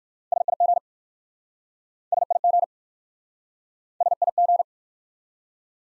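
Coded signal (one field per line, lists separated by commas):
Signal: Morse code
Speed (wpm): 51 wpm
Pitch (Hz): 700 Hz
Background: none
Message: SIG SIG SIG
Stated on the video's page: Morse practice of common QSO elements at 45 wpm in speed-racing format, starting fast and slowing to a base speed, with a final repeat at maximum speed.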